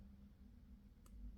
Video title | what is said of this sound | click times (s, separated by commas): 3 PRO TRICKS THAT EVERY WATCH OWNER SHOULD KNOW! | All right? Now, once you hear that click, that is the sign that the threading is well done. | 1.1 s